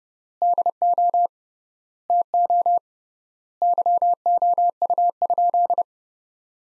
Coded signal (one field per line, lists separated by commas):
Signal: Morse code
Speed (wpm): 30 wpm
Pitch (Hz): 700 Hz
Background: none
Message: DO TO YOU?